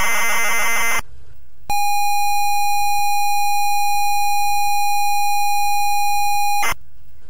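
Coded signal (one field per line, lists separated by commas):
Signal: ZX Spectrum tape loading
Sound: harsh buzzing data, short silence, then a steady five-second pitched lead tone, then a click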